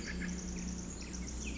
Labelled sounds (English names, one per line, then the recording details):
Pacific Wren
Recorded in Sonoma County, California